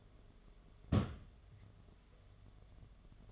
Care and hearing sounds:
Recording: daily activity, microphone in the room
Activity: place on stove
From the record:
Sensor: 4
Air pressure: 1011.1 hPa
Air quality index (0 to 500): 143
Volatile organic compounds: 3 ppm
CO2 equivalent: 1460 ppm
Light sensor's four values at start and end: 208/543/229/240 and 185/481/204/212

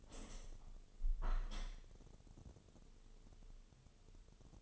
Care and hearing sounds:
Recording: daily activity, microphone in the room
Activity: open window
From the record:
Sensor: 4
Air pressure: 1015.8 hPa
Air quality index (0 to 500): 82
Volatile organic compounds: 1 ppm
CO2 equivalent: 905 ppm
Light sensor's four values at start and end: 9/20/8/7 and 9/20/8/7

